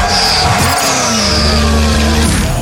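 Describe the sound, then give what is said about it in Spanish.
A car engine with a start-stop system roars to life and revs hard as the vehicle pulls away, its loud, steady drone climbing in pitch, with a faint high whine of tires over the top. “Kilómetros conquistados. Sistema Start-Stop. Start.”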